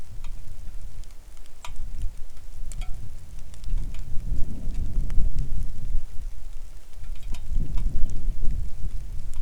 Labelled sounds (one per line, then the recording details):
songbird
wind
rain
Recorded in the Arctic National Wildlife Refuge, Alaska, on 3 August 2019 at 10:06
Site 41